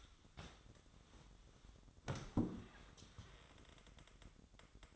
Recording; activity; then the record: daily activity, microphone in the room; sit down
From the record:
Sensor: 3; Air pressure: 1005.0 hPa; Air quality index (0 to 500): 83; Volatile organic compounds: 2 ppm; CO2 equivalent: 1276 ppm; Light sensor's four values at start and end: 8/19/8/8 and 9/20/8/8